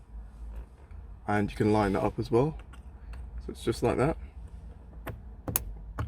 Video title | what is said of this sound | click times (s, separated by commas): BMW f32 Red Start Button Install | there it is you'll hear the click as well | 5.6 s